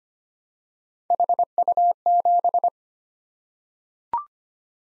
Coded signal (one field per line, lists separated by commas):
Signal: Morse code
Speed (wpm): 25 wpm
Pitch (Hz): 700 Hz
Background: none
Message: HU7